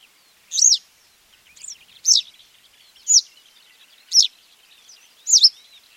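Western yellow wagtail calls: sharp, high, slurred single notes repeated about once a second, six times, with faint twittering between them.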